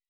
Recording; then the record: hydrophone in a shrimp aquaculture tank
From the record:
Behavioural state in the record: weakened